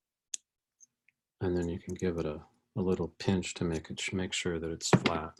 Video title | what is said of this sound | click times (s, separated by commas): PNCA Open Online Workshops: Beginning Chain Maille | push it just a little past until you hear kind of clicking and then | 0.3 s